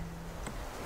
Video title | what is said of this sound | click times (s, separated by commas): 😉 Anticipez les futures coupures d'électricité ! Voici quelques idées qui peuvent pour dépanner !!! | système qui permet de le blocage automatique lorsque on est bien branché j'appuie | 0.5 s